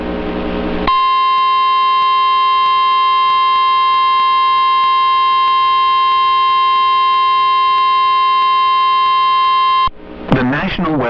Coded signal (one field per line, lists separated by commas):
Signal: Emergency Alert System (SAME) tones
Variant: 1050 Hz attention tone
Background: speech